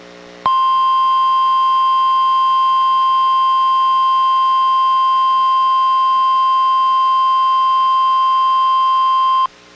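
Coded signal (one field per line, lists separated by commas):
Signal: Emergency Alert System (SAME) tones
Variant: 1050 Hz attention tone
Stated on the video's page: NWS Required Weekly Test relayed by the NOAA Weather Radio station in Astoria, received on a Reecom R-1630 weather radio and recorded through a Zoom H1.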